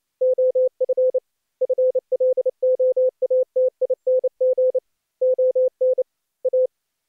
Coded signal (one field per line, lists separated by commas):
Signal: Morse code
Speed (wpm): 26 wpm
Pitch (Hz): 510 Hz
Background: none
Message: OF FLOATING ON A